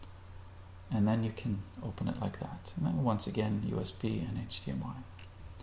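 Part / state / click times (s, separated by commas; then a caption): port cover door on a mirrorless camera body / seated / 5.2 s. Someone talks while handling the small plastic cover over the USB and HDMI ports on an Olympus PEN mirrorless camera body, then pushes it back in. A faint tick at 5.2 seconds marks the cover locking into place.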